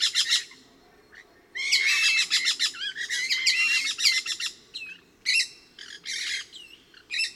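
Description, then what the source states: Pyrrhura parakeet flock calls, harsh high squawking notes: a few early, a pause, then a dense overlapping burst followed by scattered calls with gaps. Resident flock of about 8 birds, 20-25 m up in trees within a station clearing, about 30 m away; about 12:20 p.m., partly cloudy, upper 80s.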